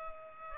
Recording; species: mosquito wingbeat signal from an infrared sensor; Culex pipiens